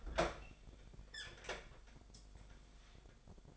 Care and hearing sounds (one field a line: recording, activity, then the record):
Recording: daily activity, microphone in the room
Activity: open fridge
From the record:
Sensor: 5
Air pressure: 1004.7 hPa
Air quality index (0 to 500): 158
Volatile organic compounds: 3 ppm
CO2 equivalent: 1484 ppm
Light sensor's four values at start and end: 21/49/19/18 and 24/54/22/21